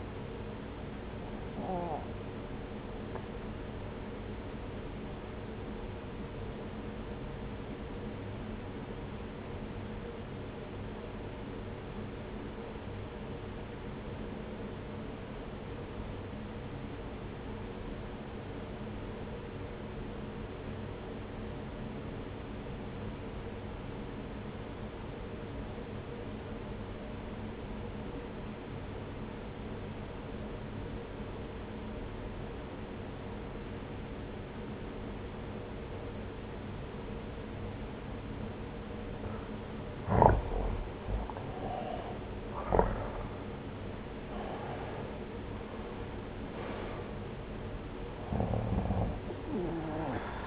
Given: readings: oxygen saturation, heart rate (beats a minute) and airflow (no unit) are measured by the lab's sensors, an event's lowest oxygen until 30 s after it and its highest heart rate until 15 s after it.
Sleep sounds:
breathing in sleep by a voice recorder at the bedside; 1
6.00-41.40 s: obstructive apnea (N1, oxygen 95% highest, then 84% lowest)
From the record:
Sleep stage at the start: N1 (lightest sleep); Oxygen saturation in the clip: 87 to 95%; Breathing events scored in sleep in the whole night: 303 in 8.1 hours asleep

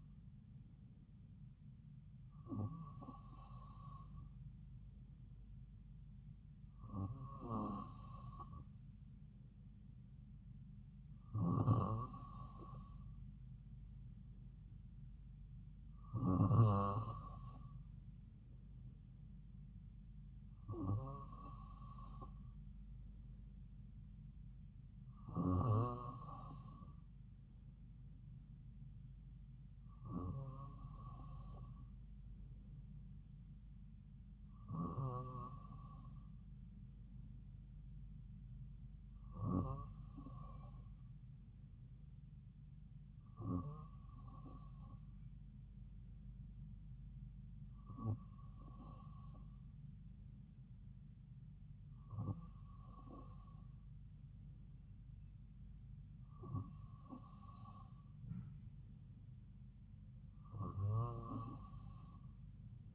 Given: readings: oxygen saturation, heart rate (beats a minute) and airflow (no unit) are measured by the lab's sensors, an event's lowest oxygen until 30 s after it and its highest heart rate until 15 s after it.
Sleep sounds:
breathing in sleep by a smartphone at the bedside; none
none scored
From the record:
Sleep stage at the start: N2 (light sleep); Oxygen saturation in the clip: 94 to 95%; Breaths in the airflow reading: 14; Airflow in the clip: -2.6 to 2.6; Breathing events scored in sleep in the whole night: 270 in 6.1 hours asleep

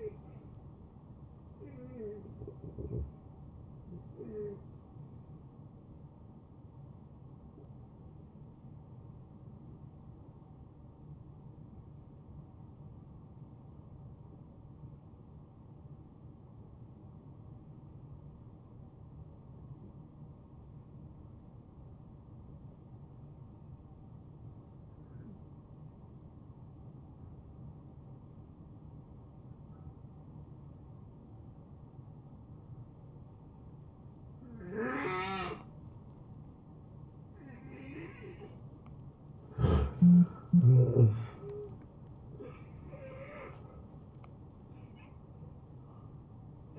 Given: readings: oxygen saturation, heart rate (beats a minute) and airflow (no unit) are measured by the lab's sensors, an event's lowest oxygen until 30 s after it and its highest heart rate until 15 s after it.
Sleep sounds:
breathing in sleep by a smartphone at the bedside; 1
6.00-39.00 s: hypopnea (N2, oxygen 93% highest, then 79% lowest, heart rate 80 at the start, 80 highest)
37.00-46.79 s: new sleep stage, N1 (lightest sleep)
From the record:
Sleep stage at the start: N2 (light sleep); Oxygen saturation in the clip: 79 to 93%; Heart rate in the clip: 71 to 86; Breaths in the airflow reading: 8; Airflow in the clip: -12.2 to 9.6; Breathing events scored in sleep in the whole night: 263 in 5.5 hours asleep

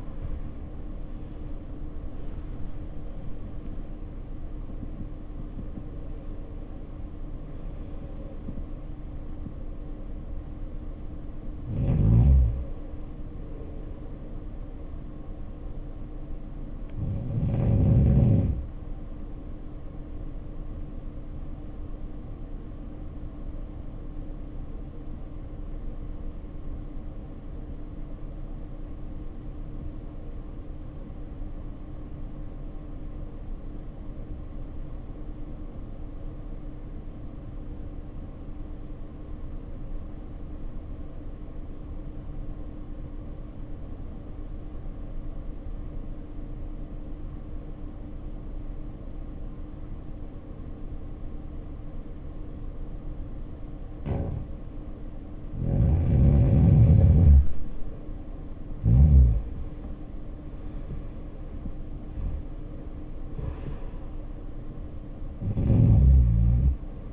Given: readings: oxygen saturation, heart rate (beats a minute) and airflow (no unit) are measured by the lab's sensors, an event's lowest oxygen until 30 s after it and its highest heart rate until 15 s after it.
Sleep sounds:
breathing in sleep by a smartphone at the bedside; 1
29.00-55.70 s: obstructive apnea (REM, oxygen 95% highest, then 70% lowest, heart rate 61 at the start, 85 highest)
From the record:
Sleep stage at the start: REM sleep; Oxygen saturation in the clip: 67 to 95%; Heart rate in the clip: 58 to 92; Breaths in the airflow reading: 9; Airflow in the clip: -11.5 to 12.5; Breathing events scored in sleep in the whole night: 520 in 7.2 hours asleep

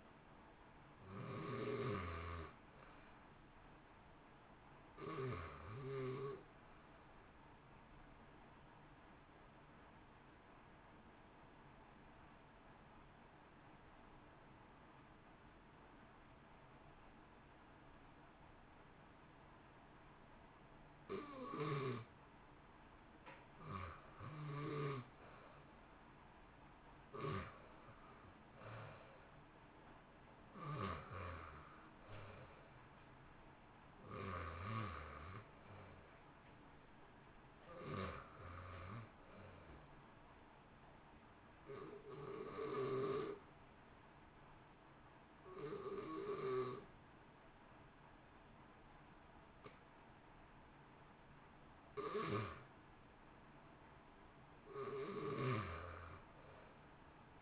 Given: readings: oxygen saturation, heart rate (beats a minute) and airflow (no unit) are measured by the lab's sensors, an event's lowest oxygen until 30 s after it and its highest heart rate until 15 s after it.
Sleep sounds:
breathing in sleep by a voice recorder at the bedside; 1
15.00-37.50 s: hypopnea (REM, oxygen 91% highest, then 79% lowest, heart rate 57 at the start, 70 highest)
From the record:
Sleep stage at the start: REM sleep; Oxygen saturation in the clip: 79 to 91%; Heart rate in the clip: 57 to 70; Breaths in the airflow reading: 16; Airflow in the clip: -1.2 to 2.0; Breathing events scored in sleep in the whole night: 328 in 6.3 hours asleep

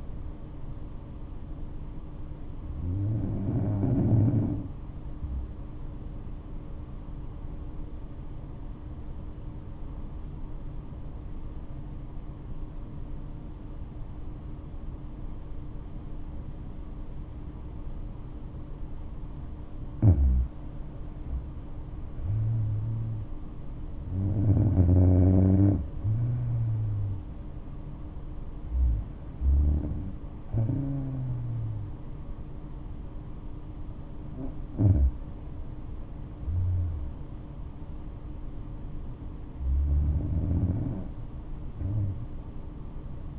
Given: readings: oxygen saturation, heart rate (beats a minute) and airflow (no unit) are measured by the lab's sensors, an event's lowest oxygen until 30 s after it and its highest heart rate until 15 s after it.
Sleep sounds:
breathing in sleep by a smartphone at the bedside; 1
8.00-20.90 s: obstructive apnea (N2, oxygen 97% highest, then 92% lowest, heart rate 66 at the start, 71 highest)
From the record:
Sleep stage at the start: N2 (light sleep); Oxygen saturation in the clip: 92 to 97%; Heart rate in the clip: 58 to 71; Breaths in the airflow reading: 7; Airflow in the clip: -8.0 to 8.6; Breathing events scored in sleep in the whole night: 228 in 5.4 hours asleep

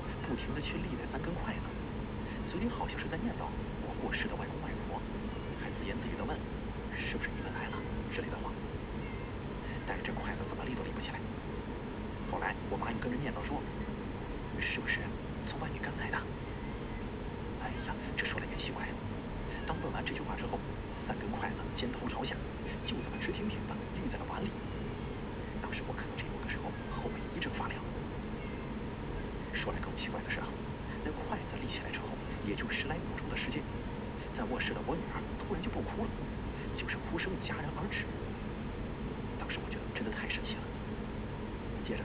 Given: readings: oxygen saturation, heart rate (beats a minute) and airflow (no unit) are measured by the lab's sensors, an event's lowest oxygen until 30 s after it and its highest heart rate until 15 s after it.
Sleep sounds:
breathing in sleep by a voice recorder at the bedside; none
none scored
From the record:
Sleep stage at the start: N1 (lightest sleep); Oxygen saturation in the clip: 94 to 95%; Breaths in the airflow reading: 14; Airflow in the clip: -1.6 to 2.5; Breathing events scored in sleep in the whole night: 335 in 6.7 hours asleep

